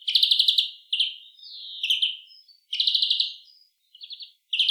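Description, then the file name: European greenfinch giving fast buzzy trilled notes alternating with drawn-out wheezy and twittering calls, a dense run of calls with brief gaps. "Chloris chloris"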